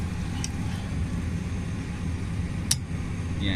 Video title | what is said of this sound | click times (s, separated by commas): DAIRY FARMING IN NEW ZEALAND - LIFE OF THE FILIPINO FARMER#newzealand #dairyfarming | nag-click na siya, so it means close na siya. | 2.7 s